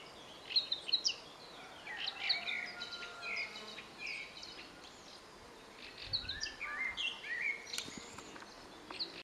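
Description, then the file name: Eurasian blackcap song in short warbled phrases of mixed sweet and scratchy notes, broken by brief pauses. "Sylvia atricapilla"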